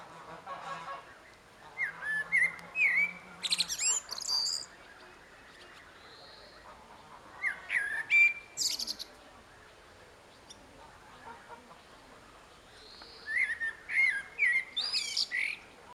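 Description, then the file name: Common blackbird song, three phrases spaced several seconds apart, each scratchy high twitters, with faint background hiss. "Turdus merula"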